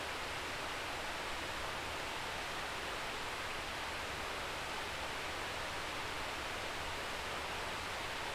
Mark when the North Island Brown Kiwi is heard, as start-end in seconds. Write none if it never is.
none